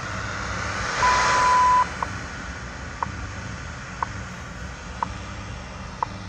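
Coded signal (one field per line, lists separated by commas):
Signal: radio time signal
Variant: WWV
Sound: a long beep then five short clicks one second apart, over static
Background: radio static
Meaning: The long 1 kHz tone marks the start of a minute; ticks mark seconds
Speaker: this is WWV on 15 megahertz using telescopic antenna only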